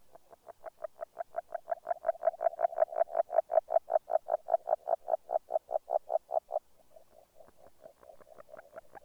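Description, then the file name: Agile frog calling, a fast series of soft knocking notes that grows louder, then a quieter series near the end. "Grenouille agile"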